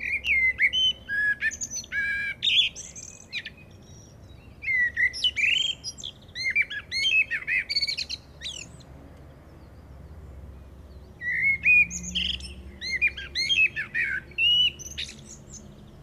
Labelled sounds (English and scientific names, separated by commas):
Common Blackbird (Turdus merula) song